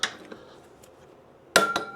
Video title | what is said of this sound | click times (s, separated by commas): Chicago Can-Am Ryker Build PT2 #automobile #bikelife #fast #building #custom #motorcycle #brp #king | There we go. Third click. Three clicks. | 1.6 s